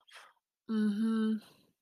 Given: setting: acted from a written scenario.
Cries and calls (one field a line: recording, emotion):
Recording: vocal sound without words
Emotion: embarrassment